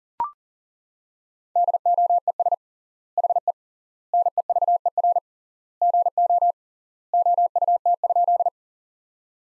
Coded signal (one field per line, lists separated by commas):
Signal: Morse code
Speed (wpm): 40 wpm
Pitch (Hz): 700 Hz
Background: none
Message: DOES HE NEVER GO OUT?